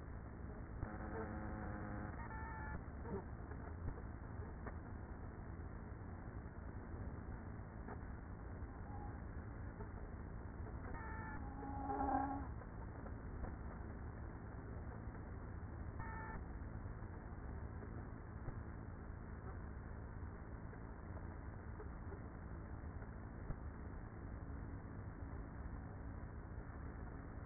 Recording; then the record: honeybee colony, microphone inside the hive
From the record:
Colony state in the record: queenless with a low population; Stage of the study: after two queens were removed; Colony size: about 30,000 bees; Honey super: no